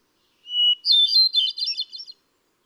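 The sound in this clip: Hermit thrush phrase: one long, pure whistled note, then a quick burst of higher, shimmering, flutelike trills that fades away.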